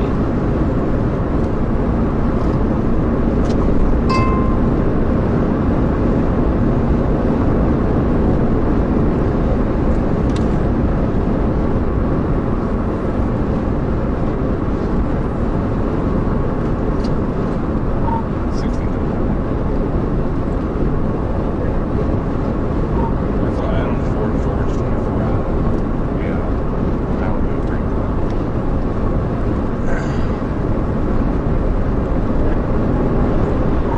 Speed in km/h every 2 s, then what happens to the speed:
158, 158, 164, 167, 163, 158, 148, 147, 145, 143, 145, 145, 148, 147, 147, 151, 155.
0-7 speeds up to 167. 7-17 slows to 143. 17-34 speeds up to 155.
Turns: none.